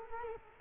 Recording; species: mosquito wingbeat signal from an infrared sensor; Culex quinquefasciatus